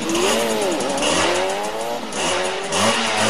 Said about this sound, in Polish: Każdy silnik motocyklowy brzmi inaczej. Wiem, że dla każdego ten dźwięk motocykla jest fajny w konkretnym takim wydaniu.